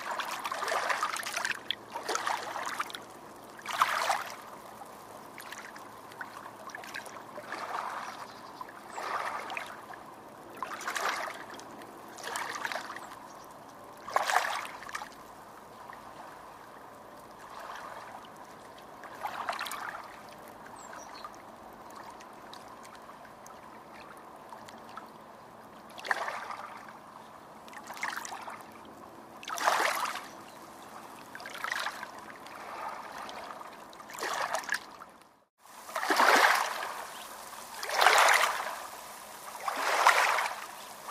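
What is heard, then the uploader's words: Gentle waves wash in along a beach, each soft surge swelling and fading every few seconds over a low, steady hiss of water. The rhythm is irregular but constant, with a brief hush near thirty-five seconds before several louder splashes near the end. Relaxing Walk on the Beach.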